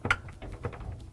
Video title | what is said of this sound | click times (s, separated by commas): How To: Whirlpool/KitchenAid/Maytag Motor Coupling WPW10169511 | all you have to do is plug it into the back wall make sure it snaps into place | 0.1 s